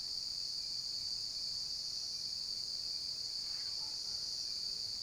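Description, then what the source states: Crickets trilling continuously on one high note, with a brief faint chirp near the end. Cricket ambience recorded at night.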